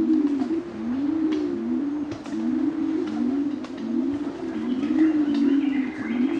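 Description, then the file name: Pied imperial pigeon low coos repeated in quick succession in a steady rolling series, with faint higher bird calls in the background. "Ducu Bico"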